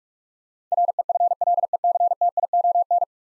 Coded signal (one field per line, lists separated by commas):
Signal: Morse code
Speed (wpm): 42 wpm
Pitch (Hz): 700 Hz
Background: none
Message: REFLECTION